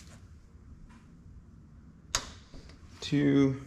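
A click-type torque wrench is ratcheted on the next engine bolt of a John Deere STX38 during head installation, with faint ratcheting early on. At 2.2 s it gives a sharp click, showing it has reached its torque setting, and then someone talks.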